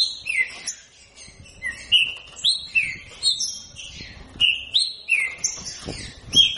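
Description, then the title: Green-winged saltator singing clear, slurred whistles in repeated phrases with short gaps between. Captive-bred bird from a breeding aviary; song style labelled voice 07. "Canto De Trinca Ferro Voz 07"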